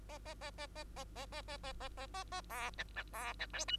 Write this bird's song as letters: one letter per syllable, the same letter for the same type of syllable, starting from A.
A A A A A A A A A A A A A A B C C B C D E